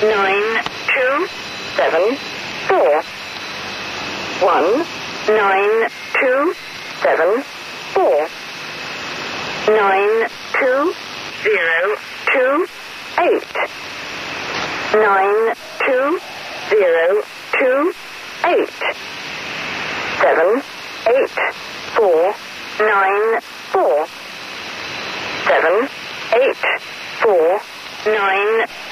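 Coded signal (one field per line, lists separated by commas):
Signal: numbers station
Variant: E3 Lincolnshire Poacher, English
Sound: synthetic voice reading digits one by one in groups, repeated, over shortwave hiss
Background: radio static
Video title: Linconshire Poacher Number Station Live broadcast Conet Project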